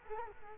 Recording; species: mosquito wingbeat signal from an infrared sensor; Culex quinquefasciatus